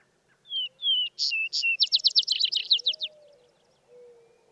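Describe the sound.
Vesper sparrow song: paired falling whistles, two loud higher notes, then a rattling trill of quick downslurred notes; faint low whistled tones underneath.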